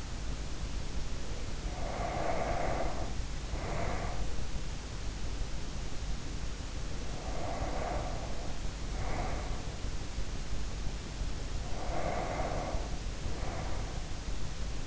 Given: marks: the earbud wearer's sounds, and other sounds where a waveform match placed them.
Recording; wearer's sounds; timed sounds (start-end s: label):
sounds in sleep by an in-ear microphone; breath
0.87-4.76 s: sound from someone else or the room
1.04-4.76 s: breath
6.65-10.02 s: breath
11.35-14.39 s: breath